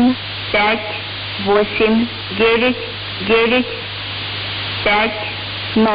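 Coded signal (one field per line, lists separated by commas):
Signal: numbers station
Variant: S06s Russian Lady, Russian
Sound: about seven short spoken words at even intervals, female voice over hiss and hum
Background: radio static, low hum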